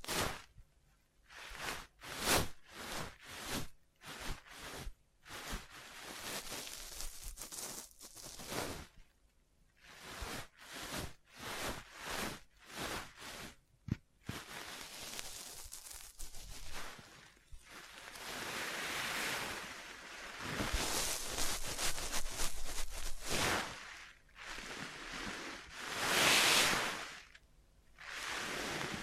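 Close tapping and scratching on a surface, quick bursts in the first half giving way to longer rough tracing strokes and swelling brushy sweeps later.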